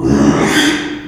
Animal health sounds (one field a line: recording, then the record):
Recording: squeal of a Yucatan mini pig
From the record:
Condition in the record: after surgery on the right vocal fold (resection and tissue-engineered implant)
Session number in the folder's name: 3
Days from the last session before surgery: 33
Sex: male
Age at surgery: 12 weeks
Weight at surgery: 13 kg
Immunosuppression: cyclosporine, prednisolone